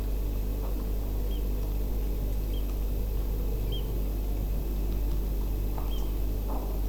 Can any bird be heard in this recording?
yes